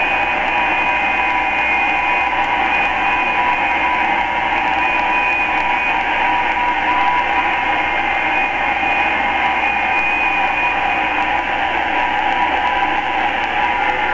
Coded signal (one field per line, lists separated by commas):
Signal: FT8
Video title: Digital Mode: FT8 3A3DS (Monaco) + YV3DVH (Venezuela) Amateur Radio